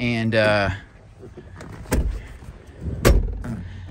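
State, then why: Seated. Someone talks, then slides a vehicle's second-row seat forward on its rail to open access to the third row. Soft rattles and a thump near 1.9 s lead to a loud hit at 3.1 s as the sliding seat latch engages and the seat locks into place.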